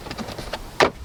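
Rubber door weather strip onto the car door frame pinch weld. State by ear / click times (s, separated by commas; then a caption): seated / 0.8 s. A rubber door weather strip is pressed back onto the pinch weld of a car door frame after a hardwire-kit wire has been tucked behind it. Faint rubbing and light taps lead up to a sharp pop at 0.8 s as the strip seats back into place.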